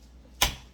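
A part, probably a presser foot, is pushed onto its holder on a new Brother XR9550 sewing machine until it snaps into place. After near silence, a single sharp, bright click sounds at 0.4 s and fades quickly. The part is seated.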